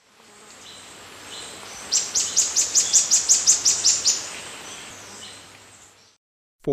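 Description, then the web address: Streaked Xenops giving a rapid run of about eleven very high, thin, sharp notes over two seconds, evenly spaced, with a faint steady hiss behind. Recorded in Ecuador. "S America Birds of Ecuador. Streaked Xenops"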